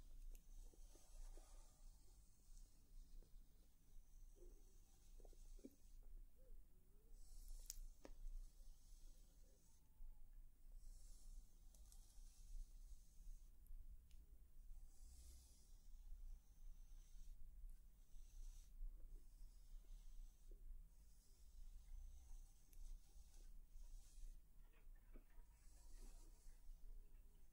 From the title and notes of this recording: ASMR Personal Attention For Sleep face brushing, face touching, lens tapping + more.